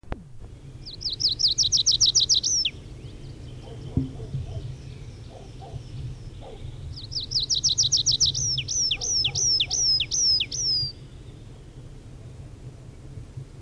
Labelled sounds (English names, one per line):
Tree Pipit song